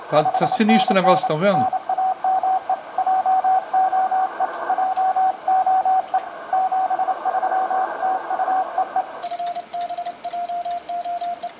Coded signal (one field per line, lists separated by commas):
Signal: Morse code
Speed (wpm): 29 wpm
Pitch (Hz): 720 Hz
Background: speech, radio noise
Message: 5NN NAME JOE JOE 73 TU EE FB JOE